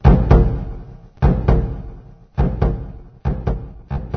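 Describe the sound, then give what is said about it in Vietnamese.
A large drum is struck in repeated pairs of heavy, booming beats, each pair ringing out and slowly fading before the next, summoning the court. No voices are heard. “Cho tới chừng nghe trống hầu đánh, ngài mới tỉnh giấc mộng đi thay y phục đặng làm việc.”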